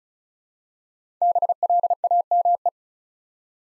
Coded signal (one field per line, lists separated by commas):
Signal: Morse code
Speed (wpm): 36 wpm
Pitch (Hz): 700 Hz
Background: none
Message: BLAME